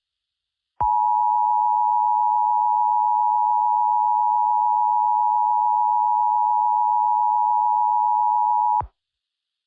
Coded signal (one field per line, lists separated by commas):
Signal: Emergency Alert System (SAME) tones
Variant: 853 and 960 Hz attention tone